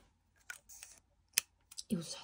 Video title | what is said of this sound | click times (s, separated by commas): 늦은 인벤타리오 하울 및 후기영상 | 여기도 탁 소리 나죠? 이것도 자석이고 | 1.4 s